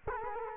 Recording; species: mosquito wingbeat signal from an infrared sensor; Culex quinquefasciatus